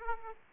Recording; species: mosquito wingbeat signal from an infrared sensor; Aedes aegypti